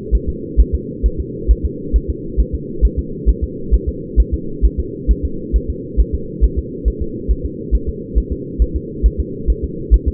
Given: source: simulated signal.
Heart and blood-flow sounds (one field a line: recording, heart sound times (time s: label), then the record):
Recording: fetal heart sounds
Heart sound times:
0.15 s: S1
0.29 s: S2
0.60 s: S1
0.75 s: S2
1.06 s: S1
1.20 s: S2
1.51 s: S1
1.65 s: S2
1.96 s: S1
2.10 s: S2
2.40 s: S1
2.55 s: S2
2.85 s: S1
2.99 s: S2
3.29 s: S1
3.44 s: S2
3.74 s: S1
3.89 s: S2
4.20 s: S1
4.34 s: S2
4.65 s: S1
4.79 s: S2
5.11 s: S1
5.25 s: S2
5.56 s: S1
5.70 s: S2
6.00 s: S1
6.15 s: S2
6.44 s: S1
6.59 s: S2
6.88 s: S1
7.02 s: S2
7.31 s: S1
7.46 s: S2
7.75 s: S1
7.89 s: S2
8.18 s: S1
8.32 s: S2
8.62 s: S1
8.76 s: S2
9.06 s: S1
9.20 s: S2
9.50 s: S1
9.64 s: S2
9.94 s: S1
10.08 s: S2
From the record:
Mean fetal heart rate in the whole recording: 135 bpm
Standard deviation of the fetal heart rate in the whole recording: 3 bpm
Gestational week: 34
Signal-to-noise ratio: -4.3 dB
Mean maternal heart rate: 72 bpm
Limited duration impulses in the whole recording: absent